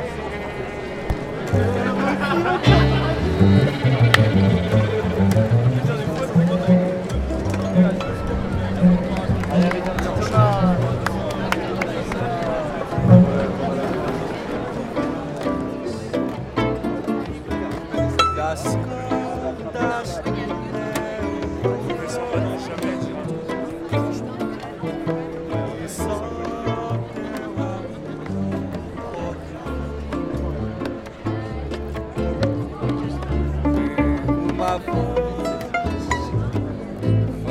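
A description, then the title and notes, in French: A Nuit Debout gathering at Place du Bouffay in Nantes, filled with a continuous murmur of many voices talking at once. For the first dozen seconds one louder voice stands out above the crowd, then the chatter settles into a steady, dense hum of overlapping conversation. Nuit Debout à Nantes Place du Bouffay.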